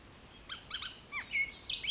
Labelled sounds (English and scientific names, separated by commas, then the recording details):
Bullock's Oriole (Icterus bullockii)
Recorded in Sonoma County, California